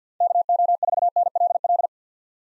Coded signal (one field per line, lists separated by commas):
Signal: Morse code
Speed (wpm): 50 wpm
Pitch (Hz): 700 Hz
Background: none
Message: KO4NLL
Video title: 2023 POTA Activator Call Signs - 50wpm